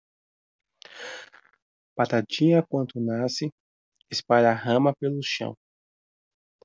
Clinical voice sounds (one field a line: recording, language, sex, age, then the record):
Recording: short text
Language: Brazilian Portuguese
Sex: male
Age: 20 to 29 years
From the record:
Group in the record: control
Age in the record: 29 years